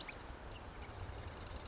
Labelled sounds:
Marsh Wren
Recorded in Sonoma County, California

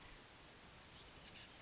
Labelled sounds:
Oak Titmouse
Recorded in Sonoma County, California

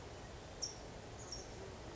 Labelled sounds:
California Towhee
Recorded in Sonoma County, California

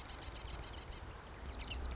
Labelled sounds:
Marsh Wren
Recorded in Sonoma County, California

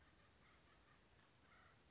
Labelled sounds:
Acorn Woodpecker
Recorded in Sonoma County, California

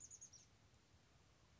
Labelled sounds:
Chestnut-backed Chickadee
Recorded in Sonoma County, California

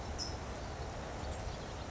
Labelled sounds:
California Towhee
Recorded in Sonoma County, California

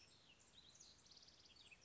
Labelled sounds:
House Wren
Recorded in Sonoma County, California

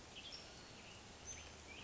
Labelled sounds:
Western Tanager
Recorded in Sonoma County, California

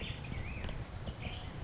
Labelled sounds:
Black-headed Grosbeak
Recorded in Sonoma County, California

